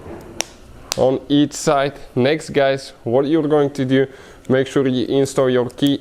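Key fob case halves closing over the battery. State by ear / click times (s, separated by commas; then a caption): seated / 0.4 s. A Nissan Sentra key fob case, with a new coin cell fitted, has its two plastic halves lined up and pressed together until they click shut. A sharp click at 0.4 s marks the case seating, then someone talks for the rest of the clip.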